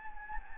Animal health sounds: mosquito wingbeat signal from an infrared sensor; Anopheles gambiae

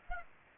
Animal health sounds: mosquito wingbeat signal from an infrared sensor; Aedes aegypti

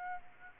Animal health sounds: mosquito wingbeat signal from an infrared sensor; Aedes aegypti

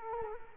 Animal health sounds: mosquito wingbeat signal from an infrared sensor; Culex quinquefasciatus

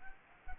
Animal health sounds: mosquito wingbeat signal from an infrared sensor; Culex quinquefasciatus

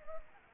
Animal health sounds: mosquito wingbeat signal from an infrared sensor; Anopheles arabiensis

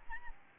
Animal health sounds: mosquito wingbeat signal from an infrared sensor; Aedes albopictus

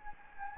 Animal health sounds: mosquito wingbeat signal from an infrared sensor; Anopheles gambiae

